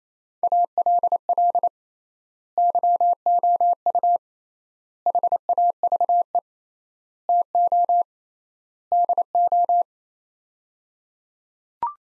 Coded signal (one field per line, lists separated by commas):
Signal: Morse code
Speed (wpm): 28 wpm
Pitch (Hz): 700 Hz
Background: none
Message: ALL YOU HAVE TO DO